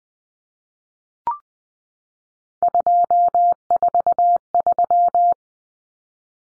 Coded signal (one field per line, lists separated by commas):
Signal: Morse code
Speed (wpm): 20 wpm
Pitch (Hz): 700 Hz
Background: none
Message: 243